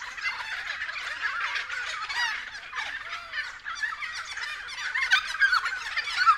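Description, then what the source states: Friarbird: dense wall of harsh friarbird chatter, steady and unbroken, with rough notes overlapping from start to finish. Several friarbirds calling at 6:30 AM.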